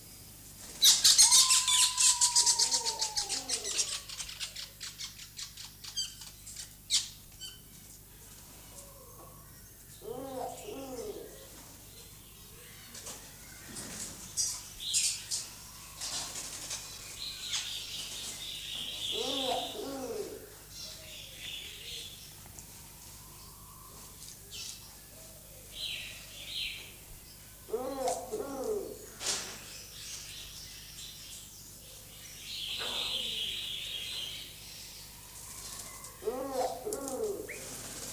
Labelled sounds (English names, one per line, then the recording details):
Diamond Dove courtship call
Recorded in captivity
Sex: diverse
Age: adult
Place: Zoo Berlin, Berlin, DE
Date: 2004-04-22 16:48
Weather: sunny, 22-24°C
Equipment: Fair Mate ST-1328 (Asahi Electronics, Japan), Sennheiser ME 80, Kopie Uher 4000 Report Monitor
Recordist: Tembrock, Günter